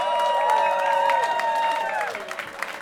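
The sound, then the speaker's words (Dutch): An audience at a Pride Walk event claps steadily and loudly for the day's technicians, a dense wash of many hands, with whoops and sustained cheering voices rising over it before the applause starts to thin out toward the end. “Dus even een groot applaus voor de technici van vandaag.”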